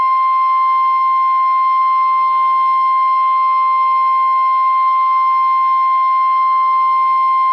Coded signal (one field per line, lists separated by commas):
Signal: Emergency Alert System (SAME) tones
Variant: 1050 Hz attention tone